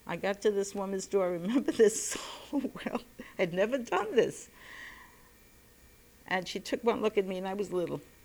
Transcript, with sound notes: I got to this woman's door, I remember this so well. [She laughs] I'd never done this. And she took one look at me, and I was little.